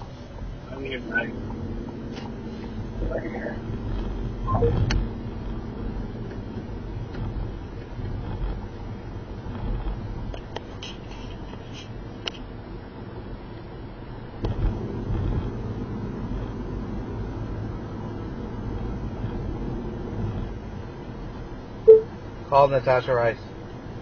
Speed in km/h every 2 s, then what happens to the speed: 27, 40, 52, 55, 58, 56, 53, 53, 58, 61, 63, 61.
0-5 speeds up to 55. 5-14 steady at about 55. 14-18 speeds up to 61. 18-24 steady at about 61.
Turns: none.